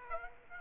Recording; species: mosquito wingbeat signal from an infrared sensor; Aedes aegypti